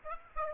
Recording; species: mosquito wingbeat signal from an infrared sensor; Aedes aegypti